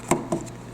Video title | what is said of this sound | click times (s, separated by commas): Echo DOT 3rd Generation 360° Adjustable Stand Bracket by BUJEKI REVIEW | heard that snap in place that's not going anywhere that is step one | 0.1 s